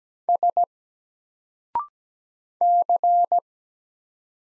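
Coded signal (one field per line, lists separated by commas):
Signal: Morse code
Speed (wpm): 17 wpm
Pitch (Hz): 700 Hz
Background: none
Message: S C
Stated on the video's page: Morse single letters sent at 17 wpm with a 0.6-second pause before each spoken answer, each letter sent before and after, as a drill for instant character recognition.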